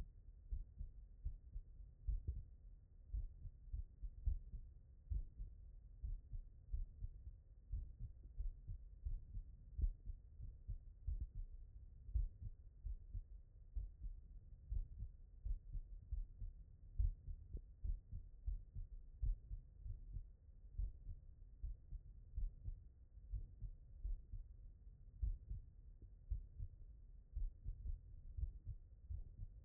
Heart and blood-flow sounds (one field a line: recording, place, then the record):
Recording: heart sounds by stethoscope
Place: tricuspid valve (TV)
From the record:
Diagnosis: non-HFrEF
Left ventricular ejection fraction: 66%